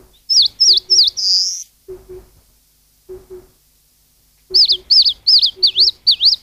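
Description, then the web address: Eastern crowned warbler song, three quick swooping whistled notes ending in a buzzy note, then after a pause several more swooping notes; low paired notes repeat through the pauses. "sikioto. sendaimushikui"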